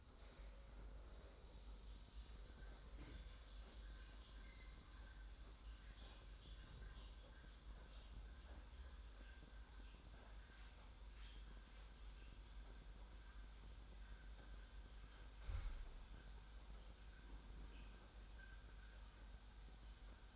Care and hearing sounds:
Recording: daily activity, microphone in the room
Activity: make coffee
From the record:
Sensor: 3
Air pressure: 991.7 hPa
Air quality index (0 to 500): 180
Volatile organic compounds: 1000 ppm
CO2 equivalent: 6014 ppm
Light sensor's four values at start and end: 40/114/46/41 and 40/115/46/41

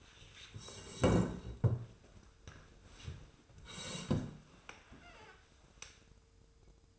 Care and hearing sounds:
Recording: daily activity, microphone in the room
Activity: sit down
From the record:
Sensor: 2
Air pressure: 1004.9 hPa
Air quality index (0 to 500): 97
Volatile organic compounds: 2 ppm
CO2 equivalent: 1174 ppm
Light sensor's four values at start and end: 7/16/7/7 and 8/18/7/7

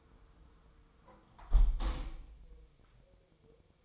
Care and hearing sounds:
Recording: daily activity, microphone in the room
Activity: close window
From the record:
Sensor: 1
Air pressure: 999.8 hPa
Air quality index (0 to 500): 231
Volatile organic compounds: 92 ppm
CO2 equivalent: 3700 ppm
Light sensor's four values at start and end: 11/27/11/12 and 10/25/10/11

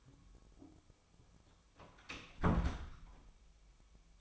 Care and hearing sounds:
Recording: daily activity, microphone in the room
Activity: close door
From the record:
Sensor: 1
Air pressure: 1007.1 hPa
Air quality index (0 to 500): 202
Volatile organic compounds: 21 ppm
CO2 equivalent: 2726 ppm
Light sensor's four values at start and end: 13/33/13/14 and 12/32/13/14

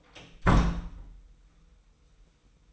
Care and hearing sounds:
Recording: daily activity, microphone in the room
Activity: close door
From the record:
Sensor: 1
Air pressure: 990.5 hPa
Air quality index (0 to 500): 160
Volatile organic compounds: 1000 ppm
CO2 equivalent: 5845 ppm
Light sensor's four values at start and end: 33/73/32/34 and 33/74/32/35

